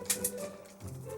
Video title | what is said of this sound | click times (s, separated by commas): Dream Star Toys ENCOURAGER (Superion): EmGo's Transformers Reviews N' Stuff | so make sure they're on the sides and just snap the one arm in snap the other arm in | 0.1 s, 0.2 s